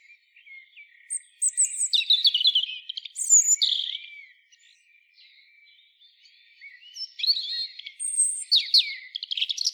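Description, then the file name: European robin song: thin, high warbled phrases of tumbling, varied notes, with a soft twittering passage between two louder bursts, one early and one late. "Erithacus rubecula"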